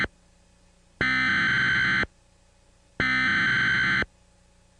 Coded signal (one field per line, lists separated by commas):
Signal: Emergency Alert System (SAME) tones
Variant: header bursts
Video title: Emergency alert COMPILATION part 2